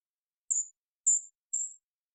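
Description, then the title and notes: Golden-crowned kinglet giving three very high, thin call notes, each about a quarter second long, spaced roughly half a second apart, with a silent background. Calls; parabolic single-species recording in the Pacific Northwest, Washington, United States, processed for clarity with natural pace and rhythm kept. "BIRDSong Kinglets - GoldenCrowned Kinglet Calls. Golden-crowned Kinglet, Regulus satrapa, calls, parabolic single-species recording, processed for clarity, natural pace and rhythym maintained Recorded in the beautiful Pacific Northwest in Washington, Unister States"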